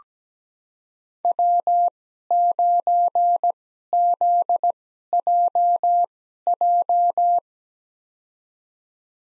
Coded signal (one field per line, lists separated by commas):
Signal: Morse code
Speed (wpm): 17 wpm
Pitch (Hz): 700 Hz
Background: none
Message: W9ZJJ